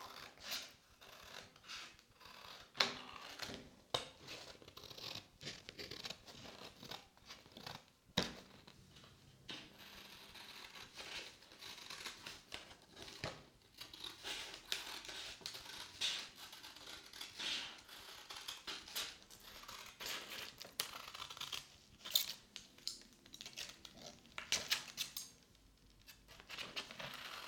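Quiet ear rubbing and brushing with soft, hissy rustles that come and go without pause. Sharp, crisp clicks and snips land irregularly throughout, a few louder ones standing out near the start and around the eighth second.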